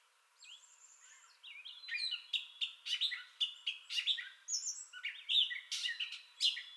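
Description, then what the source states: Gray catbird song opening with thin high whistles, then a busy run of squeaky, slurred and clicking notes, varied phrases tumbling one after another. Entire song bout, recorded 2021-05-30.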